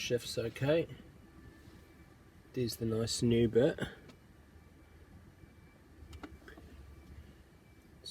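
Someone talks while a new plastic engine start/stop button for a Volkswagen Tiguan's dashboard console trim is handled before being fitted, with small, quiet handling ticks around 6.1 to 6.5 seconds. Nothing has seated or clicked into place yet.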